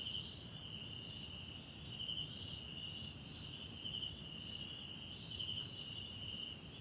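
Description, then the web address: Cricket: unbroken high trilling of crickets with periodic brighter pulsed bursts, over soft low-frequency background noise. Background chorus of South African crickets recorded at night in a wetland park at Kosi Forest Lodge, South Africa. "Tonschliff - SOUTH AFRICAN CRICKETS BG South Africa Wetland Park Kosi Forest Lodge Night"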